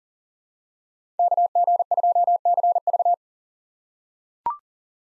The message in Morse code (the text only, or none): KG2CV